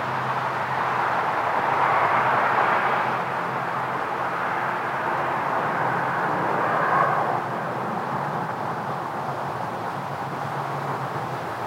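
Cars pass on a nearby highway at night, two soft swells of tire hiss around two and seven seconds over a steady low hum.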